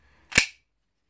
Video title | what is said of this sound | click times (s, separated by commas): Spyderco Paramilitary 2 Auto Deploy Sheath | it gets that nice click going back | 0.4 s